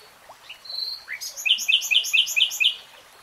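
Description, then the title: Nightingale song: a few thin whistles and a rising note lead into a rapid series of about six repeated sharp chirps. Singing in real time. "[Tiếng chim hót] 3 Hours REALTIME Nightingale Singing"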